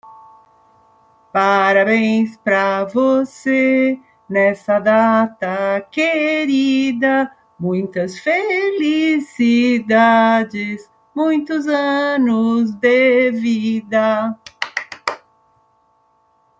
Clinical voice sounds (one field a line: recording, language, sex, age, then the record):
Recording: short text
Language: Brazilian Portuguese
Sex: female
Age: 60 to 69 years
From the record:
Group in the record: control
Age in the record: 62 years